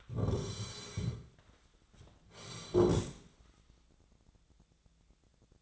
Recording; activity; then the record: daily activity, microphone in the room; sit down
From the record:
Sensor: 3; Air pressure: 1009.2 hPa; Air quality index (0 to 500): 185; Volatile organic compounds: 3 ppm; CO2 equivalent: 1494 ppm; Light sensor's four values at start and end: 35/89/40/41 and 47/120/53/53